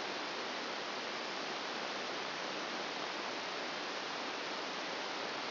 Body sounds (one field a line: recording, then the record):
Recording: brain microelectrode recording played as sound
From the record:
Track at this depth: outside the subthalamic nucleus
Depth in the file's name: 2.573 mm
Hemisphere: left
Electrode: 2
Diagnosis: Parkinson's disease